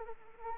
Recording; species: mosquito wingbeat signal from an infrared sensor; Anopheles arabiensis